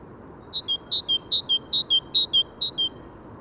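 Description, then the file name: Great tit giving a rapid series of six two-part notes, each a sharp high note sliding into a lower whistle, steady rhythm, with faint low background noise. "Parus major"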